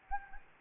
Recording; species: mosquito wingbeat signal from an infrared sensor; Anopheles gambiae